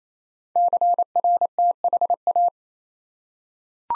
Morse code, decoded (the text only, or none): CRTHA